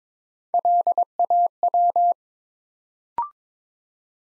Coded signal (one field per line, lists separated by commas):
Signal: Morse code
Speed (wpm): 22 wpm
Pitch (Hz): 700 Hz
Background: none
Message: LAW